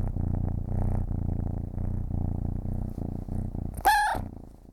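Cat purring low and steady in rhythmic pulses, breaking off near the end for one short, bright meow before the purr resumes.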